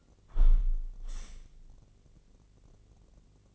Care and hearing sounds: daily activity, microphone in the room; close window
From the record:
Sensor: 4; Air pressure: 1013.2 hPa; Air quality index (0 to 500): 166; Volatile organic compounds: 2 ppm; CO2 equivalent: 1049 ppm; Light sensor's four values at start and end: 41/100/41/41 and 40/97/40/40

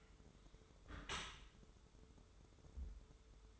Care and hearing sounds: daily activity, microphone in the room; close dishwasher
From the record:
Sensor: 3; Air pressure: 1015.0 hPa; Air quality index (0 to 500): 41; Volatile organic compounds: 1 ppm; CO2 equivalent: 598 ppm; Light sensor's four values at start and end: 12/27/11/11 and 12/27/11/11

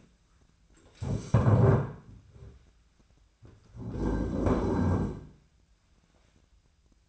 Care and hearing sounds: daily activity, microphone in the room; stand up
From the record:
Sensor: 2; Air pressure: 1008.0 hPa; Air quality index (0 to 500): 180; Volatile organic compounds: 10 ppm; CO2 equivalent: 2218 ppm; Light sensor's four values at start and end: 11/27/11/11 and 11/26/11/11

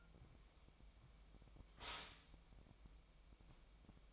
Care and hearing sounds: daily activity, microphone in the room; stop toaster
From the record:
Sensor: 1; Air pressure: 1002.0 hPa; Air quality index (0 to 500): 238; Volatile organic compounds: 43 ppm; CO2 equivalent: 3200 ppm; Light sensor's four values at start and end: 10/35/13/15 and 10/35/13/15

